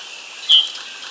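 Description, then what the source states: Wood thrush flight call, a single short buzzy note lasting about two tenths of a second over a steady hiss of background noise. Perched bird, New York, 12 June 1989. Flight call: an emphatic, buzzy "heeh", usually abrupt, sometimes drawn-out, evenly modulated, monotone or slightly descending.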